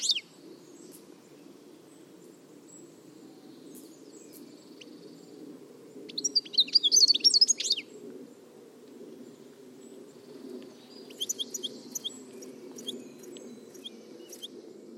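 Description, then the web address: Bird giving short bursts of high chirps and scattered thin notes, mostly quiet between, with a steady low rumble throughout. "Deverinetal"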